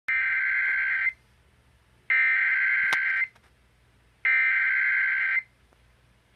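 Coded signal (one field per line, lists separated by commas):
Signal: Emergency Alert System (SAME) tones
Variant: header bursts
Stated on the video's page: Two separate flash flood warnings, not a double header.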